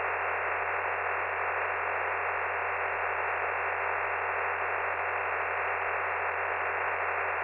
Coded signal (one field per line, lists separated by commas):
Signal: digital SSTV (DRM)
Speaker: just put it on tx if you want to send it